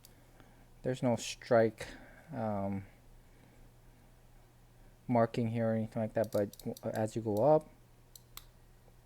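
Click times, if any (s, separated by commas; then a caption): 8.2 s, 8.4 s. Someone talks while pushing the drag lever of a Lurekiller Ocea Jigger saltwater jigging reel up its range. Sharp clicks at 8.2 s and 8.4 s mark the lever reaching its detent and locking in place.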